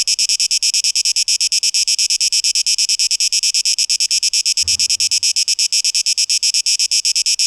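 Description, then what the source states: Cicadas give a shrill buzz pulsing in rapid, even beats; a short low thump sounds midway. 12 August 2023.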